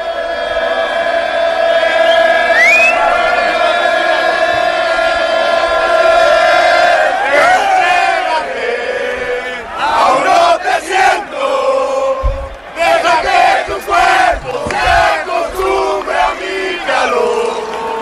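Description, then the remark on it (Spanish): A huge crowd of national football team fans chants in unison a changed shout replacing a banned one, a loud sustained roar of many voices rising and falling in drawn-out shouted syllables, with rhythmic bursts of chanting in the second half. “Entonces ya tuvieron que cambiar el grito.”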